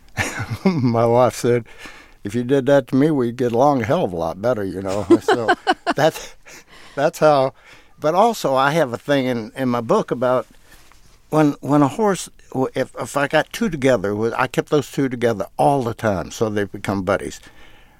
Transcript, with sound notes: My wife said, if you did that to me, we'd get along a hell of a lot better, you know?
(Laughter).
So that's how - but also, I have a thing in my book about when a horse - if I got two together, I kept those two together all the time so they become buddies.